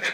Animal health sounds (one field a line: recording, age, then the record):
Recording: pig call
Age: piglet (1 to 25 days)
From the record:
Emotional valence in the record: negative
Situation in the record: missed nursing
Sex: male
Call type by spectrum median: low-frequency call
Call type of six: low-frequency modulated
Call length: 0.14 s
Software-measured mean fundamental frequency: 108 Hz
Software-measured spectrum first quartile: 1544 Hz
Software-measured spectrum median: 2062 Hz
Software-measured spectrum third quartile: 2842 Hz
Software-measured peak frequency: 1612 Hz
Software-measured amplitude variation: 95 dB a second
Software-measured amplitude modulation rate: 10.9 a second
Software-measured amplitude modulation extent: 8.7 dB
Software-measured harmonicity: 0.5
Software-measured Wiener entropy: -1.14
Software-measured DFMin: 998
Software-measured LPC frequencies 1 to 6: 607, 1657, 2392, 3439, 3931, 4758 Hz